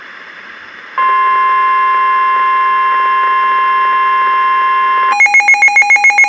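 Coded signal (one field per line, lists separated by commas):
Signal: Emergency Alert System (SAME) tones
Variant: 1050 Hz attention tone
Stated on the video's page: Severe Thunderstorm Warning alert tones from a NOAA weather radio station.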